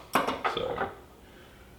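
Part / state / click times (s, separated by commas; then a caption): reloading die bushing into reloading press head / seated / 0.2 s. A reloading die in its quick-change bushing is turned into the reloading press head until the ball-bearing detent locks it in place. A sharp metallic click sounds at 0.2 s, followed by a few more short metallic clinks before it goes quiet. The bushing is seated and locked in the press.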